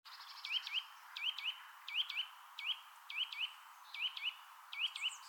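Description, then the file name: Eurasian nuthatch calling in repeated pairs of sharp, upward-flicking notes. "Sitta europaea"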